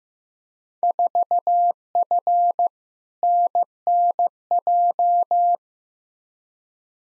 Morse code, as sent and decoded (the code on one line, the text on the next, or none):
....- ..-. / -. -. .---
4F NNJ